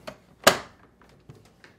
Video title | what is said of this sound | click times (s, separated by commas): How to replace Ice Maker On/Off Shutoff Slide part # W10258540 on your Whirlpool Refrigerator | it will make an audible click when locked back in place | 0.5 s